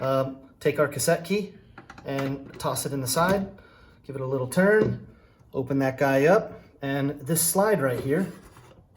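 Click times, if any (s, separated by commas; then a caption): none. Someone talks while handling a Hyosung Halo-II ATM cash cassette set on a flat surface, turning a cassette key in its side to open it and reaching for the spring-loaded pusher slide. The slide has not yet been pulled back and nothing has clicked or latched into place yet.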